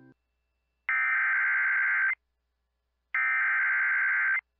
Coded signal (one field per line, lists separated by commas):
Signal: Emergency Alert System (SAME) tones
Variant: header bursts